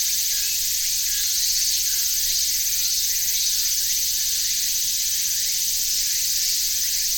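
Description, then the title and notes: Walker's cicada song within a dense, continuous high-pitched cicada chorus, with faint repeated rising strokes. Chorus with robust cicada and large brown cicada at Shiroyama, Isobe; recorded with a ZOOM H6. "磯部の城山. ツクツクボウシ、ミンミンゼミ、アブラゼミの合唱です。"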